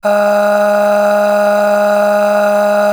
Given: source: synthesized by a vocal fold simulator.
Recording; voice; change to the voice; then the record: sustained vowel; female; aspiration noise (breathiness), level 9 of 10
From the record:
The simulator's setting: 3.21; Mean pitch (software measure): 206 Hz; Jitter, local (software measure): 1.04%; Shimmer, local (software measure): 12.7%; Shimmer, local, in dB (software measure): 1.11 dB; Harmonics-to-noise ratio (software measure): 13.2 dB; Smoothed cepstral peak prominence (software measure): 11.2 dB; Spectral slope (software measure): -20.3 dB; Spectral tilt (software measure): -7.3 dB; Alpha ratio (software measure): -10.8 dB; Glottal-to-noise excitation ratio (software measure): 0.718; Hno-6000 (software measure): 1.8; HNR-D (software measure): 34.7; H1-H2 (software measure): 7.5 dB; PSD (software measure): 6.4e-05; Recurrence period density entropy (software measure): 0.127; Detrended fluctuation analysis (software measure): 0.0274